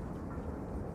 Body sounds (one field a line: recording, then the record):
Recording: background sound without coughing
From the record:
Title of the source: Train Ride Ambience ambient white noise for sleeping, focus, studying, reading